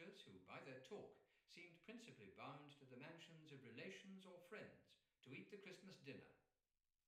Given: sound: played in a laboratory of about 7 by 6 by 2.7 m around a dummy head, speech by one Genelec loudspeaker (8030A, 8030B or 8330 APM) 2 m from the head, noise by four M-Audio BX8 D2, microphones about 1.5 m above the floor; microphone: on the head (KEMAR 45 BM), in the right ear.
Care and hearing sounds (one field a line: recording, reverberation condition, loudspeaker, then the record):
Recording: male speech in English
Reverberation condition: medium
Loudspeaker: in front (0 degrees)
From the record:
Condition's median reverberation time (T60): about 510 ms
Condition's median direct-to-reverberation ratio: about -0.5 dB